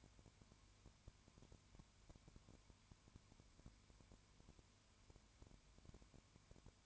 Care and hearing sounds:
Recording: daily activity, microphone in the room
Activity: no activity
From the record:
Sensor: 2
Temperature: 20.0 degrees Celsius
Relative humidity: 32.0%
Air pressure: 1001.2 hPa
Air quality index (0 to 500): 55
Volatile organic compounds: 1 ppm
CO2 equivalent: 604 ppm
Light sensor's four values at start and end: 2/3/2/2 and 2/3/2/2

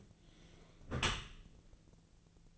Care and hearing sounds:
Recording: daily activity, microphone in the room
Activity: close dishwasher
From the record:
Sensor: 4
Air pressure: 1001.3 hPa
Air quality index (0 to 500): 179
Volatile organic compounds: 2 ppm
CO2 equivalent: 1279 ppm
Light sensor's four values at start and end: 11/26/10/11 and 12/27/11/11

